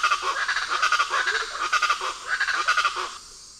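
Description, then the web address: Speckled chachalaca group calls, a dense chorus of harsh, rhythmic, pulsing notes overlapping for about three seconds, then stopping. Group calls; South America, eastern lowlands. "Natures Songs S America Eastern Lowlands Ortalis guttata, group calls"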